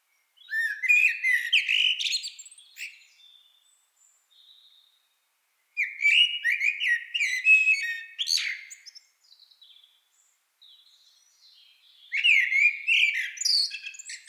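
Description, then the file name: Eurasian blackbird song: three mellow, melodious phrases separated by pauses, each trailing off into high scratchy twittering, with soft faint notes in the gaps. "Turdus merula"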